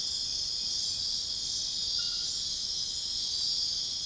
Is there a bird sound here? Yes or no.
no